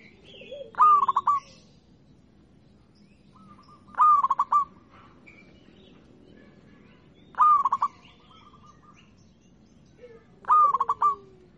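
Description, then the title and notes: Zebra dove song: four brisk bursts of stuttered cooing notes about every three seconds, with faint lower sliding notes at the start and end. Local (lokal) type, singing. "Kicau Perkutut Lokal. Kicau Burung Perkutut"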